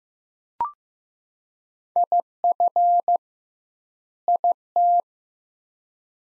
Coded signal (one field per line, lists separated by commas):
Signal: Morse code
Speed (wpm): 15 wpm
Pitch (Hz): 700 Hz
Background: none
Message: IF IT